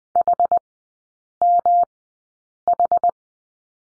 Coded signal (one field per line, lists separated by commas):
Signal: Morse code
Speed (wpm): 20 wpm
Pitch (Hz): 700 Hz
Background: none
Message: HMH